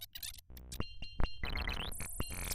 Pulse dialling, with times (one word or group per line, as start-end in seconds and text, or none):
none